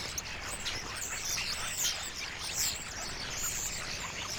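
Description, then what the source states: Common starling flock giving a thick chorus of high whistles and squeaky chirps. A flock of starlings; recording by Fred Jüssi.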